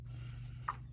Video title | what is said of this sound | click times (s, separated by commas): PV-8 and universal PV adopter installation — Rydeen Mobile Electronics | pops right off. | 0.7 s